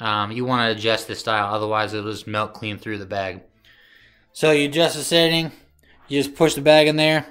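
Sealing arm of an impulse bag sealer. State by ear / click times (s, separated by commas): not seated / none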